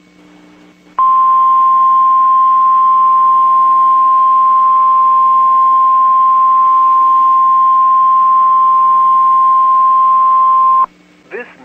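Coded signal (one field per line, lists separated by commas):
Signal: Emergency Alert System (SAME) tones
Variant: 1050 Hz attention tone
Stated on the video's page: Mock severe weather statement for the Wisconsin statewide tornado drill, relayed by the National Weather Service Milwaukee to all Wisconsin stations.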